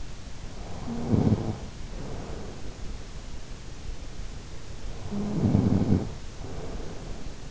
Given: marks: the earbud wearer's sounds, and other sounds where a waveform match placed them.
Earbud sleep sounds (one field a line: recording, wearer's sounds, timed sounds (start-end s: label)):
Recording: sounds in sleep by an in-ear microphone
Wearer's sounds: snoring breath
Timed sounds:
0.97-2.92 s: snoring breath
4.98-7.51 s: snoring breath